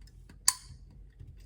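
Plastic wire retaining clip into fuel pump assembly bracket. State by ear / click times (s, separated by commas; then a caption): seated / 0.5 s. A plastic wire retaining clip is turned to the one orientation that fits and pushed into the fuel pump assembly bracket of a 2002 Toyota Camry SE 3.0L V6. After faint ticks near 0.1 and 0.3 seconds, a single sharp, bright snap is heard at 0.5 seconds. The clip locks in and is seated.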